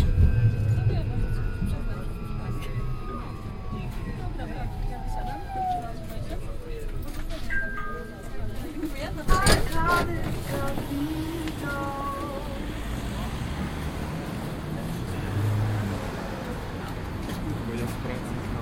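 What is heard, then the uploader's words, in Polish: A ride aboard a tram on line 32, with passengers talking over a steady low rumble of the moving car. Descending whines and squeals sweep down early on, and a sharp clatter hits around nine seconds before the run settles back into rumble and chatter. Lokalizacja: ulica Dyrekcyjna, Krzyki. Rekorder, mikrofon: Soundman OKMII (binauralne), Sony PCM D50. Autor nagrania: Bartosz Grzyb. Przejazd tramwajem Plus linii 32. Nagranie między przystankami Dworzec Autobusowy i Arkady Capitol.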